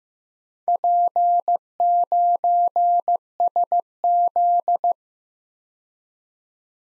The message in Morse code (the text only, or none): P9SZ